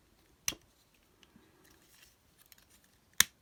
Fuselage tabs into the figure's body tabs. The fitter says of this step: and click those into place